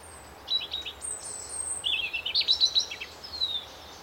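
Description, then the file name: European robin song: thin, high twittering phrases with rapid trills and a sweeping high note, rising to a busier jumble midway, over steady background hiss. "Erithacus rubecula"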